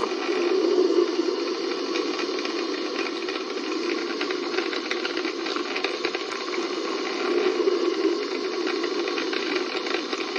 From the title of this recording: Squeeze fruit and vegetables into juice and have a glass of cold soda pop